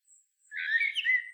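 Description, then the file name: Common blackbird's short burst of mellow, warbled fluting with overtones, preceded by a faint thin high whistle. "Turdus merula"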